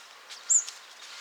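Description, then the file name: European robin call, a single thin, very high whistled note that dips slightly, heard once over a soft hiss of background noise. "Erithacus rubecula"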